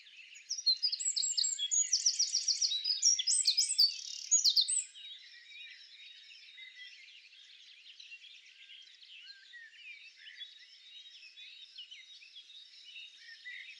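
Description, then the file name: Eurasian wren song: an explosive burst of shrill notes and trills lasting about four seconds, followed by faint, continuous bird twittering. "Troglodytes troglodytes"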